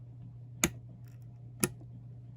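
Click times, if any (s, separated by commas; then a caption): 0.6 s, 1.6 s. A second RAM stick is pushed into its DIMM slot on a motherboard. Two sharp latch clicks are heard at 0.6 s and 1.6 s over a low steady hum, and the memory module is confirmed seated.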